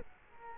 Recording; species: mosquito wingbeat signal from an infrared sensor; Culex quinquefasciatus